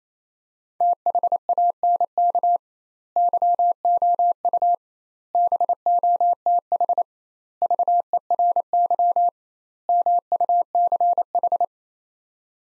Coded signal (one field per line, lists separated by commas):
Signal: Morse code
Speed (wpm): 28 wpm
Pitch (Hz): 700 Hz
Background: none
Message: THANK YOU BOTH VERY MUCH